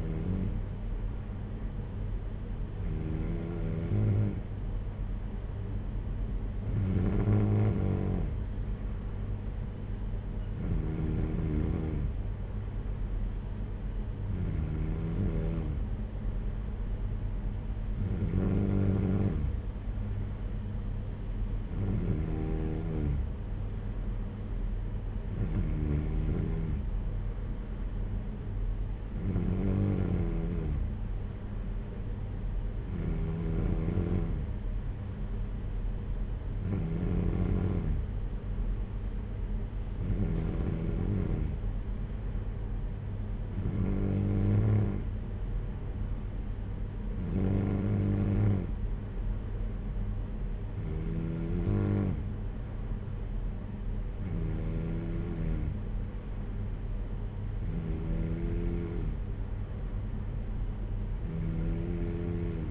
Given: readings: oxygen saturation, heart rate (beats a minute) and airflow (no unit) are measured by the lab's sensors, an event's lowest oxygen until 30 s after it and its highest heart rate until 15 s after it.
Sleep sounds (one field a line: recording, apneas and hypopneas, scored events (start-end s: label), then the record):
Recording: breathing in sleep by a smartphone at the bedside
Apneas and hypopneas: none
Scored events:
none scored
From the record:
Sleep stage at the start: N2 (light sleep)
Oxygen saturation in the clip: 93%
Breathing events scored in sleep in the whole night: 226 in 8.8 hours asleep